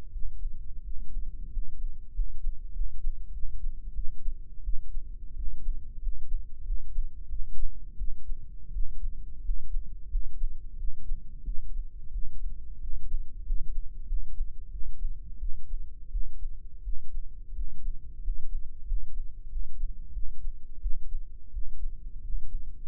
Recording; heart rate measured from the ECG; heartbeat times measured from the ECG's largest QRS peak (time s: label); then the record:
heart sounds by microphone in the right ear; 90 bpm
0.10 s: heartbeat
0.81 s: heartbeat
1.48 s: heartbeat
2.11 s: heartbeat
2.71 s: heartbeat
3.30 s: heartbeat
3.92 s: heartbeat
4.62 s: heartbeat
5.33 s: heartbeat
5.99 s: heartbeat
6.62 s: heartbeat
7.27 s: heartbeat
7.96 s: heartbeat
8.71 s: heartbeat
9.41 s: heartbeat
10.08 s: heartbeat
10.75 s: heartbeat
11.42 s: heartbeat
12.10 s: heartbeat
12.78 s: heartbeat
13.42 s: heartbeat
14.05 s: heartbeat
14.69 s: heartbeat
15.37 s: heartbeat
16.09 s: heartbeat
16.81 s: heartbeat
17.52 s: heartbeat
18.20 s: heartbeat
18.84 s: heartbeat
19.47 s: heartbeat
20.11 s: heartbeat
20.79 s: heartbeat
21.50 s: heartbeat
22.19 s: heartbeat
22.84 s: heartbeat
From the record:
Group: healthy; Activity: rest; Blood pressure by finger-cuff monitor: 124/89 mmHg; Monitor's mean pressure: 100 mmHg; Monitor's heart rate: 88 bpm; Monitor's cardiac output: 6.4 L/min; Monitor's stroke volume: 71 mL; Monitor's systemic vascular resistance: 1160 dyn s/cm5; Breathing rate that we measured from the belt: 14 breaths a minute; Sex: male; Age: 21 years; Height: 180 cm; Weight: 67.5 kg